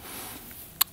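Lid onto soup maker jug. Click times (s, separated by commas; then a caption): 0.8 s. A lid is pressed onto the jug of an automatic soup maker until it clips on. After a low, steady background, a single sharp click at 0.8 s marks the lid locking into place, seated.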